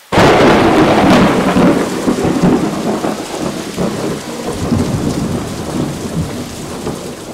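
Heavy rain pours down steadily at night by a house on a riverbank, while thunder booms loudly at the start, then rolls and rumbles on beneath the hiss of the downpour. No one speaks.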